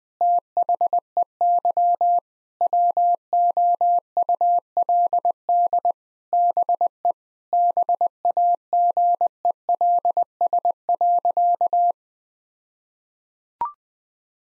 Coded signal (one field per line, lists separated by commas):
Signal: Morse code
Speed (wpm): 20 wpm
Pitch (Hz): 700 Hz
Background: none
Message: THEY WOULD BE BAGELS.